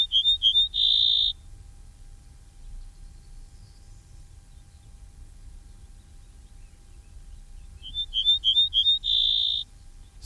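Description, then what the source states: Ortolan Bunting song: a few clear high notes followed by a longer sustained tone, given twice with a long quiet gap between phrases and low rumble underneath. Played back.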